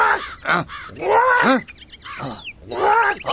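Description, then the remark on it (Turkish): A crow caws repeatedly, a run of harsh, raspy calls in quick succession with short gaps, loud and alone with no talking. “Karga da üstüne çıkmış, onu yemeye çalışıyor.”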